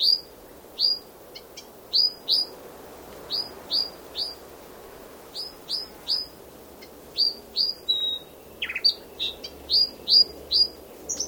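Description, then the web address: Brown thornbill giving sharp, high whistles in quick uneven runs, with a single flat whistle and a brief buzzy note late. "Sound Effects-Foundation 1 BIRD BROWN THORN BILL CALL"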